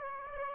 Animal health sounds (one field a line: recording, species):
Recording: mosquito wingbeat signal from an infrared sensor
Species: Aedes aegypti